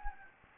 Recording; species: mosquito wingbeat signal from an infrared sensor; Anopheles gambiae